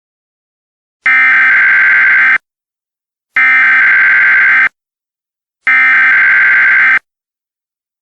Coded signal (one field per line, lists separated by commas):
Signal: Emergency Alert System (SAME) tones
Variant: header bursts